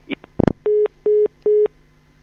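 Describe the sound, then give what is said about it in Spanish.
A phone line cuts off with a short clatter, followed by three even, mid-pitched beeps of a busy tone at a steady rhythm, each about a fifth of a second long. “Bueno, pues se ha cortado el teléfono, no ha podido.”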